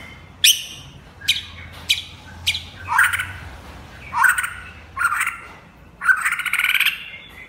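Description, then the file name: White-rumped shama song: sharp high clicking notes, then a series of rich, varied warbled phrases, each about a second apart, with brief pauses between. Champion bird from a singing contest. "suara murai batu juara lomba"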